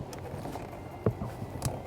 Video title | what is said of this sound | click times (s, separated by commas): F-150 Raptor 2017-2018 Install: aFe Momentum XP PRO 5R Brushed Aluminum Cold Air Intake System | like that make sure it snaps in place | 1.1 s, 1.7 s